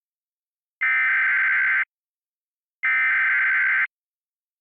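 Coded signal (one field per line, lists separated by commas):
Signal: Emergency Alert System (SAME) tones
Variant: header bursts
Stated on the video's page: Mock Washington DC Required Monthly Test, simulated with software.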